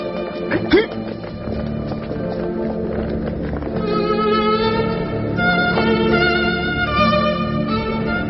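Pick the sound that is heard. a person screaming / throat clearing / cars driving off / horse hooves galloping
horse hooves galloping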